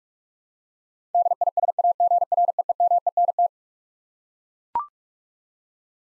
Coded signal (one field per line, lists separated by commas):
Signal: Morse code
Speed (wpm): 42 wpm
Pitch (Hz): 700 Hz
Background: none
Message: DISAGREEMENT